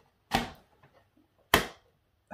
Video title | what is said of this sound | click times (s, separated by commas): Transformers Haslab Unicron - Planet to Robot mode | and it clicks into place, then displaying his hands. | 1.5 s